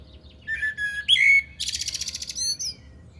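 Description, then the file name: Common blackbird's whistled phrase followed by a dense, buzzy high twitter, then a few thin squeaky notes. "Turdus merula"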